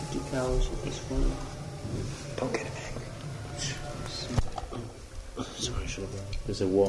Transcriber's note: background discussion about a bee or wasp